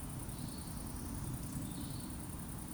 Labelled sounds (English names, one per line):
Eurasian Woodcock whistle